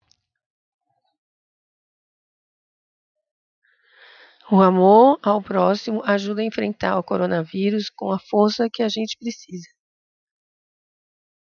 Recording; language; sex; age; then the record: spoken sentence; Brazilian Portuguese; female; 60 to 69 years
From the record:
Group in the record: control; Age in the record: 63 years